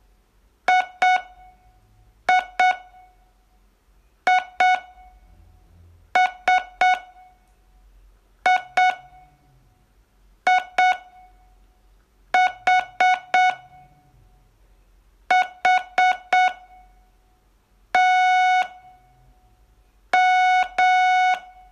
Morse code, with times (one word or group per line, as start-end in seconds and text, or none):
0.7-13.5 IIISIIH
15.3-21.3 HTM